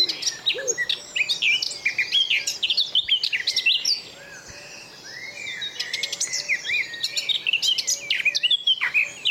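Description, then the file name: Eurasian blackcap singing a fast, varied warbling song of high twittering and scratchy phrases. "Sylvia atricapilla"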